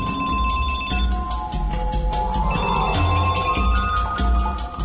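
A mobile phone rings with an alert, a fast run of repeating electronic pulses over steady high tones, loud and continuous throughout, with no voices. The alert is a signal sent to astronomers by the Swift satellite after it detects a gamma-ray burst.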